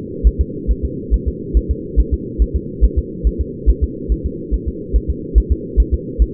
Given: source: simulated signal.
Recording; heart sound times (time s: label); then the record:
fetal heart sounds
0.27 s: S1
0.41 s: S2
0.71 s: S1
0.85 s: S2
1.14 s: S1
1.28 s: S2
1.57 s: S1
1.71 s: S2
2.00 s: S1
2.14 s: S2
2.42 s: S1
2.56 s: S2
2.84 s: S1
2.98 s: S2
3.27 s: S1
3.41 s: S2
3.70 s: S1
3.84 s: S2
4.12 s: S1
4.26 s: S2
4.54 s: S1
4.68 s: S2
4.96 s: S1
5.10 s: S2
5.38 s: S1
5.52 s: S2
5.80 s: S1
5.94 s: S2
6.22 s: S1
From the record:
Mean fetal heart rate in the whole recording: 140 bpm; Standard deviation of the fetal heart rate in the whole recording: 2 bpm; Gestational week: 34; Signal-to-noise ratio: -4.1 dB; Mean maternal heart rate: no maternal heart sound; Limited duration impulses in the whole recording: absent